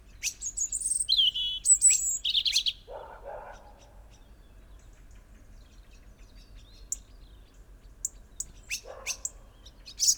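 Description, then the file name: European robin singing high, liquid warbled phrases at the start, then lower scratchy bursts and sparse faint ticks in a quiet background. "Erithacus rubecula"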